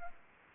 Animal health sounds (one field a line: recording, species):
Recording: mosquito wingbeat signal from an infrared sensor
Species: Anopheles arabiensis